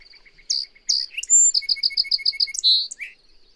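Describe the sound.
Bird song: two bright chirps and a whistle, then a fast even series of several repeated high notes and a louder slurred note, over a faint steady high tone.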